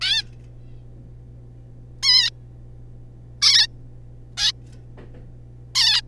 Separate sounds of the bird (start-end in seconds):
0.01-0.23, 2.03-2.31, 3.42-3.67, 4.37-4.52, 5.75-6.01